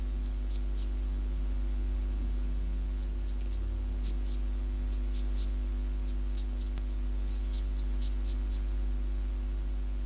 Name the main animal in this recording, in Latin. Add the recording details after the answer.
Cychrus caraboides. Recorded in captivity. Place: Berlin. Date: 1988-09-23. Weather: Temperatur 25°C. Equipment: Tesla B 115, RFT DM 2415 (Originalband). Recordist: Frommolt, Karl-Heinz